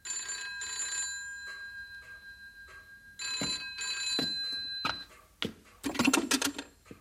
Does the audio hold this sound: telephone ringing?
yes